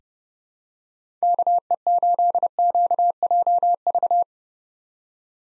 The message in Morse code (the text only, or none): KE8QJV